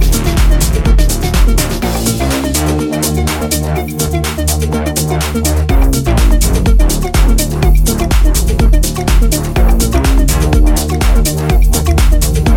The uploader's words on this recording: August 16 new house sounds.